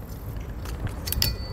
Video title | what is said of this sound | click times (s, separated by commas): etrailer - How to Set Up Your Wiper Technologies Windshield Wiper Blade on a 2017 Toyota RAV4 | walk it up you're going to hear that click and then we can bring our uh latch back in and there we are | 1.2 s